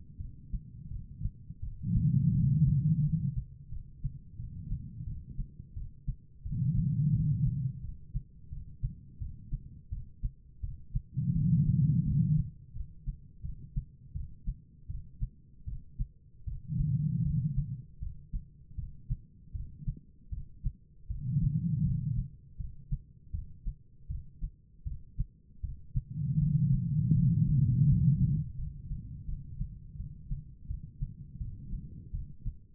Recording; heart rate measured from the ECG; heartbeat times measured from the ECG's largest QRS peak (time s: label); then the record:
heart sounds by stethoscope; 83 bpm
0.18 s: heartbeat
0.89 s: heartbeat
1.61 s: heartbeat
2.33 s: heartbeat
3.02 s: heartbeat
3.70 s: heartbeat
4.37 s: heartbeat
5.05 s: heartbeat
5.74 s: heartbeat
6.43 s: heartbeat
7.13 s: heartbeat
7.82 s: heartbeat
8.50 s: heartbeat
9.19 s: heartbeat
9.90 s: heartbeat
10.61 s: heartbeat
11.33 s: heartbeat
12.04 s: heartbeat
12.73 s: heartbeat
13.42 s: heartbeat
14.13 s: heartbeat
14.87 s: heartbeat
15.65 s: heartbeat
16.45 s: heartbeat
17.23 s: heartbeat
18.00 s: heartbeat
18.76 s: heartbeat
19.53 s: heartbeat
20.30 s: heartbeat
21.08 s: heartbeat
21.83 s: heartbeat
22.57 s: heartbeat
23.32 s: heartbeat
24.08 s: heartbeat
24.84 s: heartbeat
25.61 s: heartbeat
26.39 s: heartbeat
27.13 s: heartbeat
27.85 s: heartbeat
28.55 s: heartbeat
29.26 s: heartbeat
29.97 s: heartbeat
30.68 s: heartbeat
31.38 s: heartbeat
32.12 s: heartbeat
From the record:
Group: healthy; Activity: rest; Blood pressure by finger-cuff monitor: 137/91 mmHg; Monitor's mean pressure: 111 mmHg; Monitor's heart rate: 84 bpm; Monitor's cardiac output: 5.1 L/min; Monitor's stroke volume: 62 mL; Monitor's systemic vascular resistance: 1610 dyn s/cm5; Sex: female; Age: 51 years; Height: 162 cm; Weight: 70.04 kg